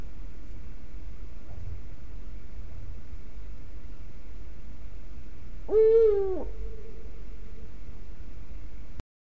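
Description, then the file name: Eurasian eagle-owl giving one short, low, harmonic-rich note that bends slightly downward, over a steady background hiss and low rumble. "puchacz zwyczajny Bubo bubo"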